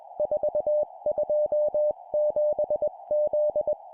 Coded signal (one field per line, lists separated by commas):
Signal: Morse code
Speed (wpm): 21 wpm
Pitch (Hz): 600 Hz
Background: none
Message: 427Z